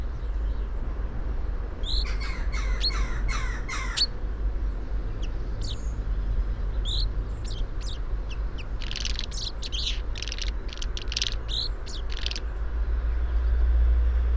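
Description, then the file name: Common chaffinch: a run of short, sharp repeated notes lasting about two seconds, then scattered high notes and a busy burst of thin high chirps, over low rumble. "Fringilla coelebs"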